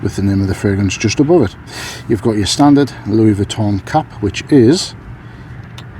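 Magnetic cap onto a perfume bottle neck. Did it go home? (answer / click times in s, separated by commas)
yes / 5.8 s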